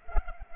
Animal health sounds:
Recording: mosquito wingbeat signal from an infrared sensor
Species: Culex pipiens

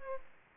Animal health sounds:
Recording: mosquito wingbeat signal from an infrared sensor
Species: Aedes aegypti

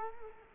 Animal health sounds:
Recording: mosquito wingbeat signal from an infrared sensor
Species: Culex quinquefasciatus

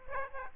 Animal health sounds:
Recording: mosquito wingbeat signal from an infrared sensor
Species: Aedes aegypti

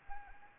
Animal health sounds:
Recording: mosquito wingbeat signal from an infrared sensor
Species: Anopheles arabiensis

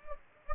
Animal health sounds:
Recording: mosquito wingbeat signal from an infrared sensor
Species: Anopheles gambiae

